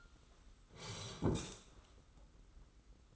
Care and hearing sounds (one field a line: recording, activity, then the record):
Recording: daily activity, microphone in the room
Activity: sit down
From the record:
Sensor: 3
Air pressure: 991.6 hPa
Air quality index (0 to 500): 165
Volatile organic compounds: 1000 ppm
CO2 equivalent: 5445 ppm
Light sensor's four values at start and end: 35/100/41/35 and 36/101/41/35